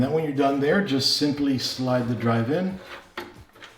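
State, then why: Seated. Someone talks while an SSD is slid into a drive bay of a Raijintek Ponos TG mid-tower case. A short, sharp click at 3.2 s marks the drive latching into place, and it is seated.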